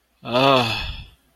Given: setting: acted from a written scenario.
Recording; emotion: vocal sound without words; relief